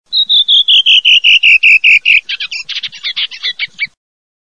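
Redwing singing a clear, loud phrase of about a dozen fluted notes that step downward in pitch, then break into a fast scratchy twitter.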